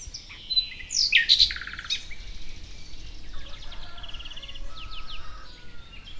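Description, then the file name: Common nightingale song: a sharp burst of loud chirps and swooping notes early, followed by softer scattered high phrases. "Luscinia megarhynchos"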